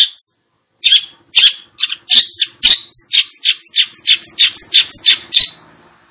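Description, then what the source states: Long-tailed shrike singing a fast stream of scratchy, chirping notes that grows busier toward the end, with a faint low hum in the background. Indonesian name cendet; described as gacor, actively and vigorously singing.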